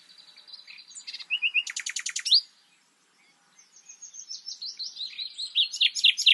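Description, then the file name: Common nightingale singing soft notes and a rapid loud trill, falling silent, then resuming with high twittered notes that grow louder. "Luscinia megarhynchos"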